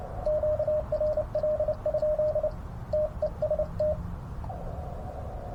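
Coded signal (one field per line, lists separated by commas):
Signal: Morse code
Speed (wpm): 29 wpm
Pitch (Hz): 620 Hz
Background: radio noise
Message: QRL? TEST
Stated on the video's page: Backyard POTA hunting with a newly unboxed G90 and Cobwebb antenna on 20 m and 15 m.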